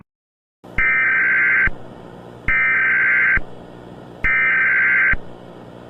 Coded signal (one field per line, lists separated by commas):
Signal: Emergency Alert System (SAME) tones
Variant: header bursts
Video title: The Unthawing [EAS Scenario/Analog Horror] - Foxtrot Foundation